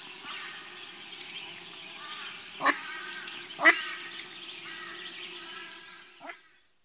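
American black duck uttering a few scattered quacks, two louder ones close together and a softer one at the end, over soft background noise.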